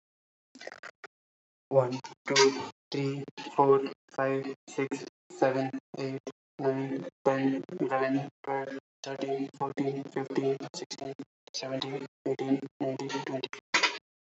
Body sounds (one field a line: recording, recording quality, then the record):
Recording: counting at a normal pace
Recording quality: excellent, no background noise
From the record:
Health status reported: healthy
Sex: male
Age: 22 years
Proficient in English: yes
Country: India